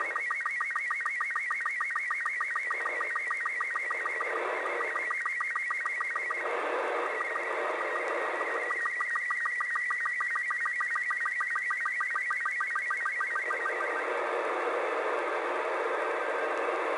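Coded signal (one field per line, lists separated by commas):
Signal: SSTV (slow-scan television)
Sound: warbling, scanning tones under heavy hiss, with a steady rapid ticking rhythm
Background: radio static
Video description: I did hear this SSTV from NA1SS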